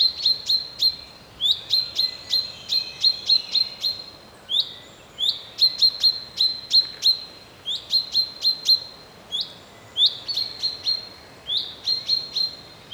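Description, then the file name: Common chaffinch calls: short high notes rising into a steady tone, given in quick bursts of several, repeated throughout. "Fringilla coelebs"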